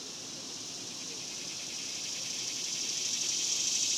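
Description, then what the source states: Cicadas droning in a continuous high buzz with a rapid shimmering pulse, gradually swelling louder throughout. Several cicadas recorded outdoors in the daytime in a cemetery in summer.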